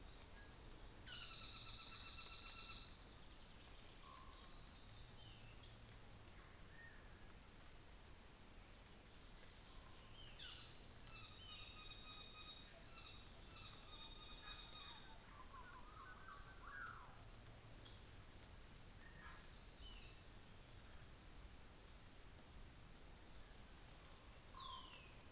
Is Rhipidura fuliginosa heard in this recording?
yes